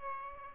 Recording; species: mosquito wingbeat signal from an infrared sensor; Aedes albopictus